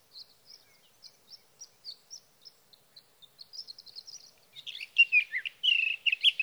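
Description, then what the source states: Sage thrasher song: a run of thin high notes, then swelling into a louder, richer warbled jumble of varied phrases. Singing male near his night roost, through the night, evenings of June 12 to mornings of June 15, 2018, Sierra Valley, California; Swift recorder.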